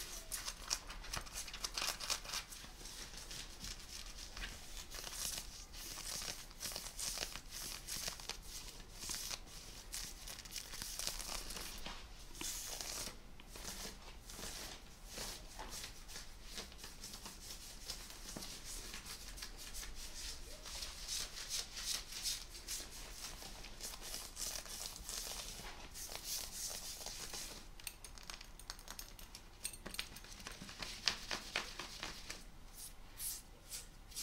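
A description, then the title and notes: Fabric being scratched, a dense, steady run of dry, hissy rubbing strokes with quick crinkly clicks scattered throughout. The sound stays bright and thin with little low end, at an even level for the whole stretch. FABRIC SCRATCHING(Jeans shirt skin scratching, belt sounds).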